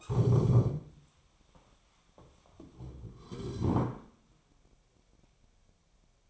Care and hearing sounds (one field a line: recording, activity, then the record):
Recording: daily activity, microphone in the room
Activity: stand up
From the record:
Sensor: 1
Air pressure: 1015.2 hPa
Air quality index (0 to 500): 196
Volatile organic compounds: 22 ppm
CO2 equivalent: 2755 ppm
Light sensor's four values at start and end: 12/30/12/14 and 9/22/9/10